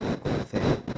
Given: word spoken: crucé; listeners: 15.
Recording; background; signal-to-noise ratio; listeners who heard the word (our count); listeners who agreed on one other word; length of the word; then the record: one Spanish word in noise, from a listening test; noise modulated by one talker; -10.7 dB; 3 of 15; 8 of 15; 0.58 s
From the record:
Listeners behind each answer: 8, 3, 3, 1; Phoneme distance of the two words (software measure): 34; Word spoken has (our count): 2 syllables, 5 phonemes, stress on syllable 2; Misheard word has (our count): 3 syllables, 7 phonemes, stress on syllable 3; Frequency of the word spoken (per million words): 1.84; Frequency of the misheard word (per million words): 142.11